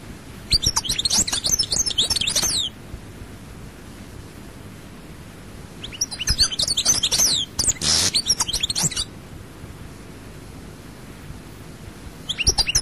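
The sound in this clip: European goldfinch song: a quick twittering burst, a long pause, then a longer run of bright trills and chirps, with another phrase starting at the end.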